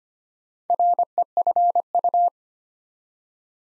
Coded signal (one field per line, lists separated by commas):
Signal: Morse code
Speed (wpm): 25 wpm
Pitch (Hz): 700 Hz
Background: none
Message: REFU